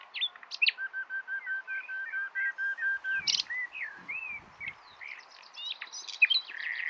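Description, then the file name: Common nightingale singing a long run of evenly repeated liquid notes, then slurred whistled phrases and high chirps. "Luscinia megarhynchos"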